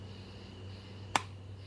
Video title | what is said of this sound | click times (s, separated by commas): HK USP Compact with Extended Magazine Release | mag release and I did notice that you can almost hear it click here watch see | 1.2 s